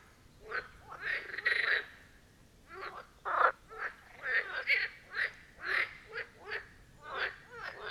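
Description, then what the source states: Marsh frog chorus, loud rattling croaks in bursts of varying length, several frogs calling one after another with short quiet gaps. Chorus of marsh frogs at the Birkensee, Schönbuch, Germany; recorded on one of the first hot days of summer 2023.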